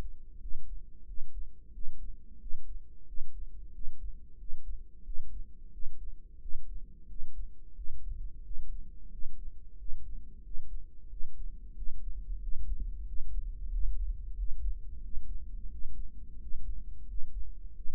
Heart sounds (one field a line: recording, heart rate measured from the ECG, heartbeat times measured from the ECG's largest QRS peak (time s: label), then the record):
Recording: heart sounds by microphone in the right ear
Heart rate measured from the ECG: 90 bpm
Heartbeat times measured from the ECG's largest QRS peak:
0.41 s: heartbeat
1.07 s: heartbeat
1.74 s: heartbeat
2.40 s: heartbeat
3.07 s: heartbeat
3.74 s: heartbeat
4.39 s: heartbeat
5.05 s: heartbeat
5.73 s: heartbeat
6.41 s: heartbeat
7.09 s: heartbeat
7.76 s: heartbeat
8.44 s: heartbeat
9.12 s: heartbeat
9.79 s: heartbeat
10.44 s: heartbeat
11.10 s: heartbeat
11.76 s: heartbeat
12.42 s: heartbeat
13.07 s: heartbeat
13.72 s: heartbeat
14.37 s: heartbeat
15.02 s: heartbeat
15.71 s: heartbeat
16.40 s: heartbeat
17.08 s: heartbeat
17.75 s: heartbeat
From the record:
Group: healthy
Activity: rest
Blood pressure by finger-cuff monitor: 138/85 mmHg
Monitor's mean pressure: 102 mmHg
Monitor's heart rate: 91 bpm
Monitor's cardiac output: 7.3 L/min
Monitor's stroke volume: 82 mL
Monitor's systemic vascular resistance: 1050 dyn s/cm5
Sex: male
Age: 21 years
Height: 175 cm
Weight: 72.6 kg